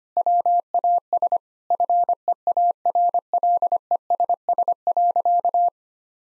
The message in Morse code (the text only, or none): WAS FEARLESS.